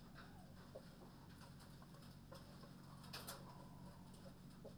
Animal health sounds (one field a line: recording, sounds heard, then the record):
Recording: poultry house recording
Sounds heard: healthy chickens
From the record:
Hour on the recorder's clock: 22